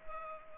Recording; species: mosquito wingbeat signal from an infrared sensor; Culex pipiens